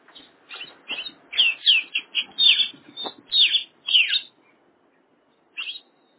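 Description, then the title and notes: Oriental magpie-robin singing a fast run of varied whistles and harsh chirps, notes sliding up and down, then a short pause and one final phrase. "suara kacer. kumpulan suara burung kacer"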